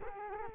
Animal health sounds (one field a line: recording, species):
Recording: mosquito wingbeat signal from an infrared sensor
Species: Culex quinquefasciatus